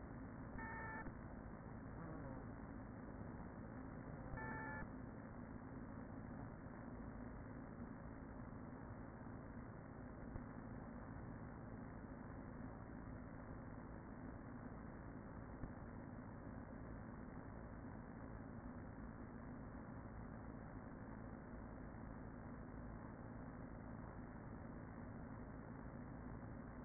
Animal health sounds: honeybee colony, microphone inside the hive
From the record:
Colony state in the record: queen present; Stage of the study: after two queens were removed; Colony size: about 40,000 bees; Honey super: no

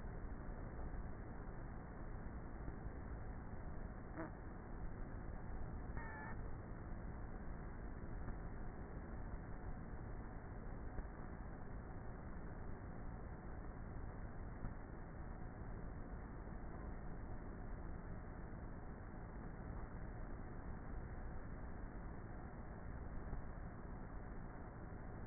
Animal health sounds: honeybee colony, microphone inside the hive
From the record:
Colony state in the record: queenless with a low population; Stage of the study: before two queens were removed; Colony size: about 30,000 bees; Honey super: no

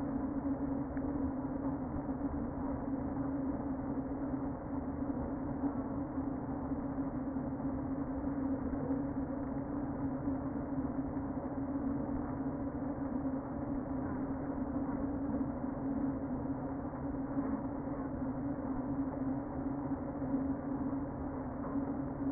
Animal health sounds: honeybee colony, microphone inside the hive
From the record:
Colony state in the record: queen present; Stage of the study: before two queens were removed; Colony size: about 60,000 bees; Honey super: yes

